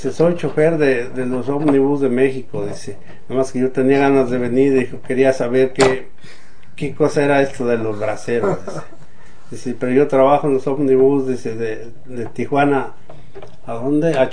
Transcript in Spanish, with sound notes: “Soy chofer de los Ómnibus de México”, dice, “nomás que yo tenía ganas de venir”, dijo, “quería saber qué cosa era esto de los braceros”, dice. (risas) Dice: “Pero yo trabajo en los Ómnibus”, dice, “de Tijuana”, ¿a dónde?,